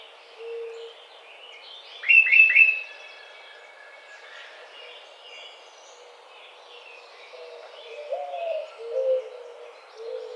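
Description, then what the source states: Tufted titmouse giving one burst of three rapid notes, with softer chatter and low whistles from other birds around it. Recorded 30 April 2009.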